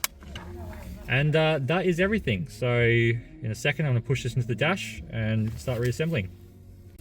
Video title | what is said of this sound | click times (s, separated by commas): How To: Installing Pioneer DMH-AP6650BT in Toyota Kluger 2018 - Step by Step | Make sure you give it a little click. | 0.0 s